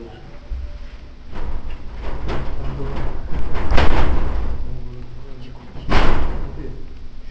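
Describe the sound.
A door is worked open and shut, with a series of rattling thumps and knocks building to a louder slam near the end, and faint murmuring voices in the background.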